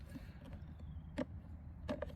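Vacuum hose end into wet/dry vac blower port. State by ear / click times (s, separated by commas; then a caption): not seated / none. The plastic hose end of an EGO 3 Gallon wet/dry vac (EGO WDV0300) is turned and pushed into the vac's blower port over a steady low rumble, with brief plastic knocks around 1.2, 1.9 and 2.0 seconds. The hose does not lock into the port and stays loose, so nothing clicks or seats.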